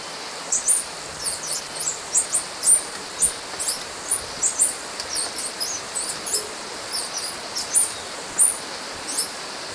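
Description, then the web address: White-tipped sicklebill giving many thin, very high chips, repeated irregularly over a steady background hiss. Ecuador. "Birds of Ecuador White-tipped Scicklebill"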